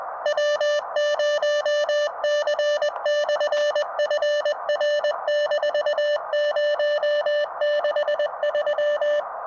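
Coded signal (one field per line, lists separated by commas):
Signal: Morse code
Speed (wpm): 21 wpm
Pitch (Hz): 590 Hz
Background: music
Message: W0C/FR-063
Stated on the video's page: Morse from a Summits On The Air expedition to Antelope Mountain.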